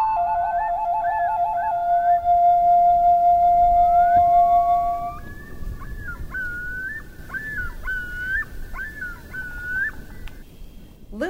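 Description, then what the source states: Loon tremolo of rapid pulsed notes, sliding into a long steady tone, then a series of repeated, bending tonal notes at a higher pitch. Recorded in winter.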